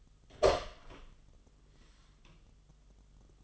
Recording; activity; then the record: daily activity, microphone in the room; open door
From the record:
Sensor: 4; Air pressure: 1005.8 hPa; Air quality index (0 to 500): 90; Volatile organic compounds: 2 ppm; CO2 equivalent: 1104 ppm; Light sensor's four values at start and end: 13/30/12/11 and 13/29/11/11